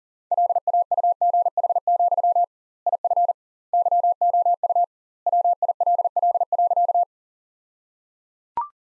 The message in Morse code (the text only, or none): LAUGH, IF YOU WILL.